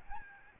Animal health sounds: mosquito wingbeat signal from an infrared sensor; Aedes albopictus

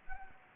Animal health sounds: mosquito wingbeat signal from an infrared sensor; Anopheles gambiae

